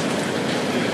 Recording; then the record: background sound without coughing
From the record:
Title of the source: Office Sounds Ambience - Background Noise for Study and Work